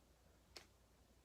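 A trainer for a generic epinephrine auto-injector, held in the fist, is pushed hard against the outer thigh until it fires. A single sharp click sounds at 0.6 s against a quiet background, confirming the trainer activated.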